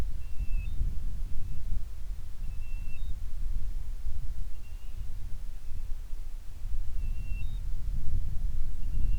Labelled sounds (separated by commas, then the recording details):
bird, wind
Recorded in the Prudhoe Bay oil fields, Alaska, on 25 July 2019 at 02:48
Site 11